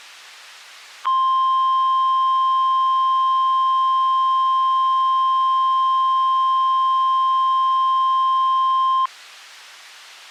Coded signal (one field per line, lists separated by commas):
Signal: Emergency Alert System (SAME) tones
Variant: 1050 Hz attention tone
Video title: EAS Scenario: Chicago Dies Redux